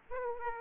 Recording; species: mosquito wingbeat signal from an infrared sensor; Aedes aegypti